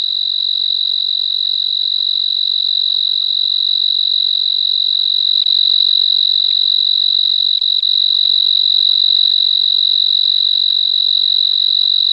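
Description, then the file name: Tree cricket song, an even, sustained high-pitched trill that holds a constant pitch throughout without any breaks. Recorded on 26 March 2011 at a temperature of 24 °C. "Oecanthus pictus W 12 – Recorded at 26 03 2011 – 24 degree Celsius"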